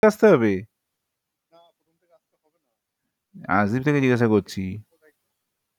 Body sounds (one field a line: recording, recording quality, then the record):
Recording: shallow voluntary cough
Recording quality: poor, much background noise or distortion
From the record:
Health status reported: COVID-19 positive, mild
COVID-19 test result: positive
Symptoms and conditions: fatigue, hypertension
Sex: male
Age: 30 years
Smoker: yes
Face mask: worn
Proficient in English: yes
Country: India